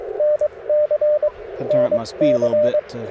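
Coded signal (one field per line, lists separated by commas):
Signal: Morse code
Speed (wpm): 22 wpm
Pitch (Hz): 600 Hz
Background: speech, radio noise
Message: NC NC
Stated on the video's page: QRP CW Parks on the Air activation, Icom IC-705 with random wire antenna and tuner, sent with paddles.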